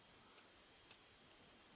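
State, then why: Not seated. A plastic chest section of a Transformers Generations Thrilling Thirties Goldfire transforming figure is worked down into the torso, producing two faint, sharp ticks at about 0.4 and 0.9 seconds over a quiet background. The part is still being handled, and nothing has seated or clicked in yet.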